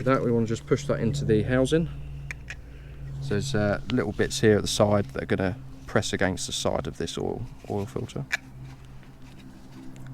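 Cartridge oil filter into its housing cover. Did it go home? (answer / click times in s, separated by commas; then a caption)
no / none. Someone talks while a new cartridge oil filter is handled and readied to be pushed into its housing cover on a Can-Am Outlander 1000 XXC ATV, with small side tabs meant to press against the filter. Only a few brief handling sounds are heard between the talking. Nothing has seated or clicked yet when the clip ends.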